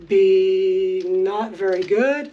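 A tripod ball head on a Joilcan 81"/83" DSLR tripod and monopod is handled while someone talks throughout. Nothing has seated or clicked yet; the clip ends before the ball head locks in place.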